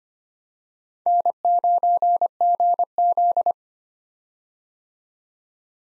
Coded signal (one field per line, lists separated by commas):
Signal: Morse code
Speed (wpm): 25 wpm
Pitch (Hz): 700 Hz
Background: none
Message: N9GZ